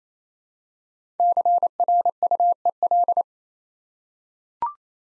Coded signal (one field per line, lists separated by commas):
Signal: Morse code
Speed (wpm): 29 wpm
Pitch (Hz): 700 Hz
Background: none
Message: CRUEL